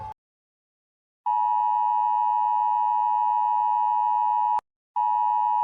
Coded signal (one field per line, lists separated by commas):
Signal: Emergency Alert System (SAME) tones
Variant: 853 and 960 Hz attention tone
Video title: Country’s EAS alarms